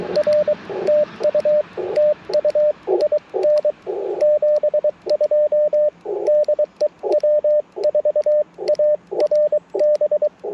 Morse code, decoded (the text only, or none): R TU TU IN 72 DE W4ARB